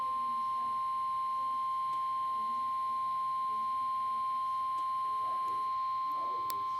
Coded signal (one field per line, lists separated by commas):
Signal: Emergency Alert System (SAME) tones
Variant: 1050 Hz attention tone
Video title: NOAA Weather Radio | Severe Thunderstorm Warning (SVR) 01/10/20 9:02PM CST